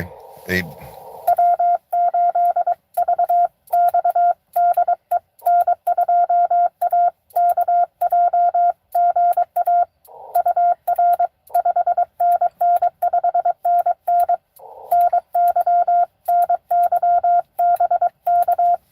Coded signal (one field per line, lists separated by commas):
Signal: Morse code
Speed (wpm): 22 wpm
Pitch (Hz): 690 Hz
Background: speech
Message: W8VX DE N2AKJ GA UR 5NN 5NN NY NY BK